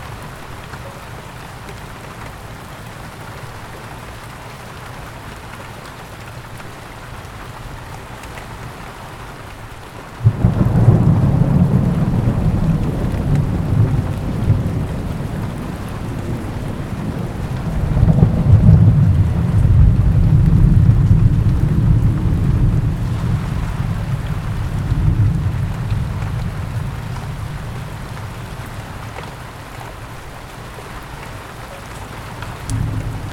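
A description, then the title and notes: Rain falls on a patio with a steady, even hiss for the first ten seconds. Then a deep, heavy rumble like thunder bursts in, swells loudest around eighteen to twenty-three seconds, and slowly fades back under the rain. Rain on the Patio Sound.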